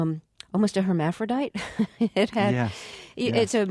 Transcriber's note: soundbite of laughter